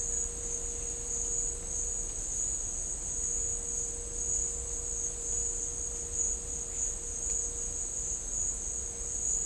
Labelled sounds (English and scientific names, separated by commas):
none